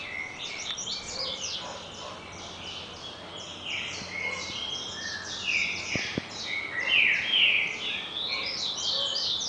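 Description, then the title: Double-collared seedeater song, a long run of quick varied chirps and trills, sweeping notes and buzzy phrases, continuous throughout, with faint background hiss. "Canto Coleiro"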